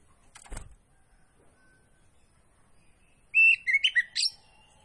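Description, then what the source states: Oriental magpie-robin song phrase, a short burst of clear whistled notes sliding down then up, after a single click and a pause. Singing vigorously (gacor); kacer poci type.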